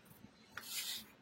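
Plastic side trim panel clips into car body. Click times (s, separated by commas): 0.6 s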